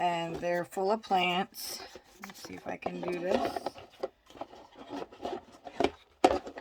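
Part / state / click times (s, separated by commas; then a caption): planter tier onto vertical grow tower stack / seated / 6.2 s. A plastic tier of a vertical grow tower is set onto the stack and twisted while someone talks. A sharp click at 6.2 seconds marks the tier locking into place on the stack.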